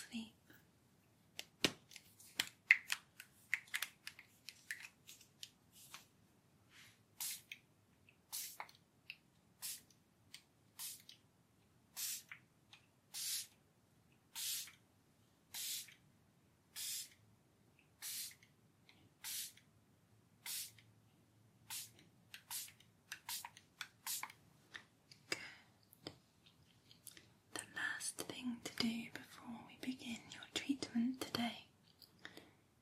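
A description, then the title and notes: A spa treatment opens with scattered light clicks and taps, then settles into short, bright spray bursts repeating about once a second. Near the end, a louder stretch of rustling and rubbing takes over. TimASMR-Blissful Full Body Massage & Spa Treatment.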